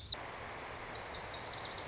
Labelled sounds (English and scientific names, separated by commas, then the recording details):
Lazuli Bunting (Passerina amoena)
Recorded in Sonoma County, California